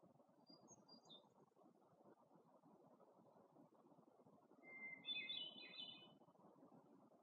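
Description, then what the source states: Hermit thrush song: one fluty phrase opening on a held pure note, then breaking into higher ringing, tumbling notes; faint high notes earlier, over a steady low rushing background. Recorded in Algonquin Park, 2019.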